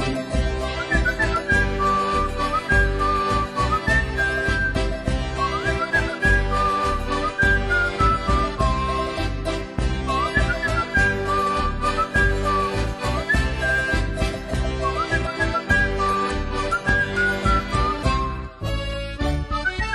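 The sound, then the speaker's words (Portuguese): A person whistles a bright, wavering melody over a full, steady band with a strong rhythmic beat, the whistled line rising and falling in short phrases above the instruments. “E cantam elas: é um milhão vadio acompanhado ao assobio.”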